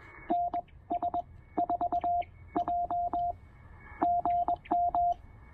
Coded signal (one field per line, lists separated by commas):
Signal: Morse code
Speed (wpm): 20 wpm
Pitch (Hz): 700 Hz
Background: radio noise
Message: NS4J GM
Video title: POTA Lunch Box Radio: Pairing the Penntek TR-45L and the Elecraft AX1